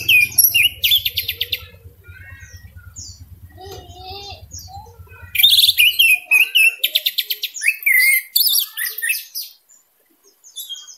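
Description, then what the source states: Orange-headed thrush singing a dense, rapid medley of trills, buzzes and sliding whistles, with a low steady hum underneath for the first six seconds. Singing intensely, in full vigour.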